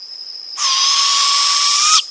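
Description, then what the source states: Barred Owl fledgling giving one harsh, hissing screech about one and a half seconds long, steady and raspy. Fledgling giving a begging call.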